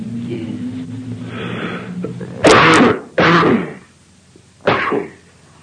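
A low, voiced throat-clearing rumble lasts about three seconds, then three sharp, harsh coughs follow at roughly one-second intervals. These are repeated coughing and throat clearing in an adult in poor health, in a small room.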